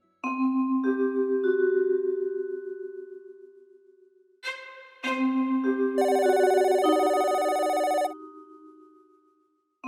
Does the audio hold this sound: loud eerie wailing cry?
no